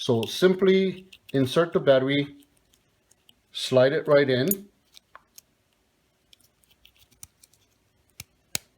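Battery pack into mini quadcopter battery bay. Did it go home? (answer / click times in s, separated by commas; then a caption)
yes / 8.6 s. A small LiPo battery pack is slid into the plastic battery bay of a Holyton HT02 pocket quadcopter while someone talks, followed by a few faint taps and scrapes. It latches with a sharp click at 8.6 seconds, and the battery is seated.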